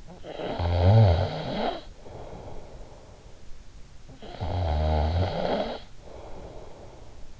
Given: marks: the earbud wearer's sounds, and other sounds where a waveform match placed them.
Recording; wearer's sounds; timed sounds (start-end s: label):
sounds in sleep by an in-ear microphone; snoring breath
0.03-3.43 s: snoring breath
3.86-7.40 s: snoring breath